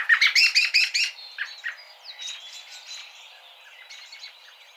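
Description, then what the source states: American robin call series: a rapid burst of sharp, chattering notes in the first second, then softer mixed chirping. Recorded on 29 March 2007.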